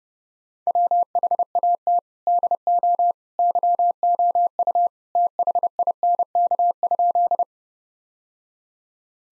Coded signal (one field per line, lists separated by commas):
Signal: Morse code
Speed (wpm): 30 wpm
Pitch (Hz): 700 Hz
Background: none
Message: WHAT DO YOU THINK?